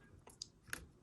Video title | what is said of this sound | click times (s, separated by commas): No Input VGA Feedback Machine Build Guide | Let's just snap into place. | 0.4 s